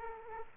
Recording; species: mosquito wingbeat signal from an infrared sensor; Culex quinquefasciatus